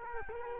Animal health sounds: mosquito wingbeat signal from an infrared sensor; Culex quinquefasciatus

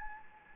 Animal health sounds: mosquito wingbeat signal from an infrared sensor; Anopheles gambiae

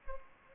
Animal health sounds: mosquito wingbeat signal from an infrared sensor; Anopheles gambiae

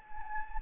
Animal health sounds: mosquito wingbeat signal from an infrared sensor; Anopheles gambiae

